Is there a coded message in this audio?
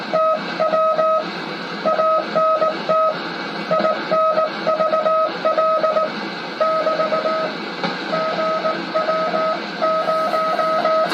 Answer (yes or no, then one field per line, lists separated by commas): yes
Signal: Morse code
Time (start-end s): 0.2-11.1 s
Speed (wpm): 19 wpm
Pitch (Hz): 1270 Hz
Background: none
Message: TW ANT INVL <BT> GW0